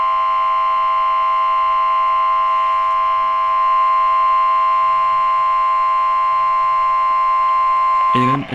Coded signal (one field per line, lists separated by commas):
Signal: Emergency Alert System (SAME) tones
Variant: 1050 Hz attention tone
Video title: (FAILED EAS) WXJ68 Required Weekly Test 6/15/22 12:01PM MDT